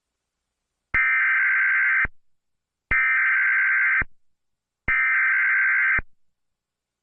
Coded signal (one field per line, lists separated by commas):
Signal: Emergency Alert System (SAME) tones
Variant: header bursts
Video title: Emergency Alert System - LIAMS RANDOM INTROSPECTIVES (Halloween special)